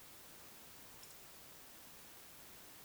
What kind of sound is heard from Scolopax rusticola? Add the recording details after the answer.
whistle. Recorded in Baden-Württemberg, Germany, on 21 June 2020 at 02:23 UTC. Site 49006, 684 m above sea level